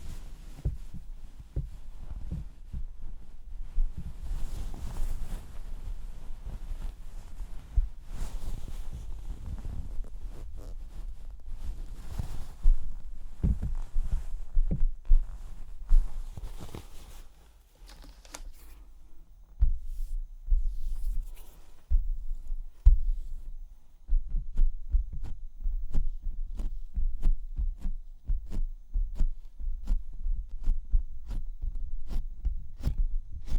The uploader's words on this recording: ASMR Makeup Cleansing with Personal Attention(No Talking).